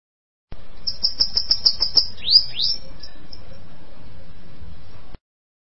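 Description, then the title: Bananaquit song, a quick series of high sibilant notes and two descending squeaky slurs, followed by quiet background hiss. "Canto De Cambacica"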